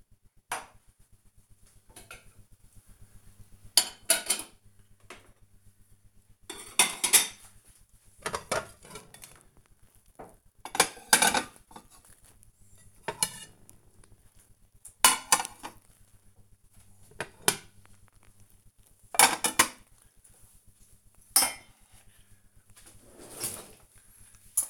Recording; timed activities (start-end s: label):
household activities, microphone on the right wrist
0.00-24.69 s: putting away the dishes